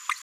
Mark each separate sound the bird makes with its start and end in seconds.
0.08-0.14